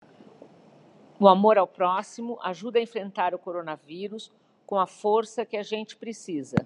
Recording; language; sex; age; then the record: spoken sentence; Brazilian Portuguese; female; 60 to 69 years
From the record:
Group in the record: control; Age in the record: 68 years